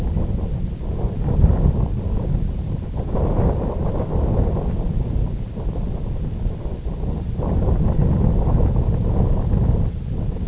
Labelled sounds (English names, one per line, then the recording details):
none
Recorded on Arctic tundra, site IGLO-F, on 18 June 2018
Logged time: 22:00